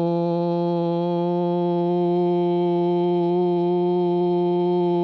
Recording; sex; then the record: sustained vowel /u/; male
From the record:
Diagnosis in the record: Parkinson's disease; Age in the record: 75 years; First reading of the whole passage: 62 s, 8.3 characters per second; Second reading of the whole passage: 57 s, 9.2 characters per second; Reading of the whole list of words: 53 s, 5.3 characters per second